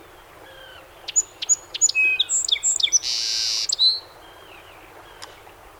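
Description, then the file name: Song sparrow singing a bright phrase of evenly spaced high notes, then quick jumbled notes, a dry buzz and a closing slurred whistle. Recorded 7 June 2018, part of a set of 21 songs. "2018-06-07 SOSP 21 Songs"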